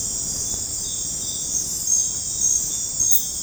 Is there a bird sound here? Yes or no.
no